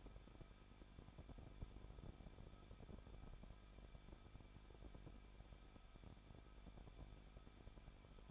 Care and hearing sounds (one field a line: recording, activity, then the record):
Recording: daily activity, microphone in the room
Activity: no activity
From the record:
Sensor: 5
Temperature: 20.8 degrees Celsius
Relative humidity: 38.5%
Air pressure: 1006.5 hPa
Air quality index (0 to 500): 191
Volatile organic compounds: 20 ppm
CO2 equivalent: 2689 ppm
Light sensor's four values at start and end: 2/3/1/1 and 2/3/1/1